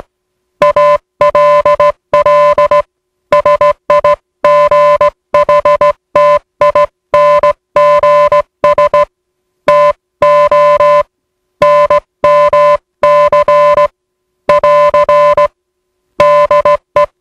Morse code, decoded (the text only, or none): ALL SIGHTINGS TO NMC <AR> DE